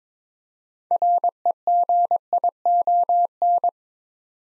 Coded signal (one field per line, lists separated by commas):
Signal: Morse code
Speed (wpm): 22 wpm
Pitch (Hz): 700 Hz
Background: none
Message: REGION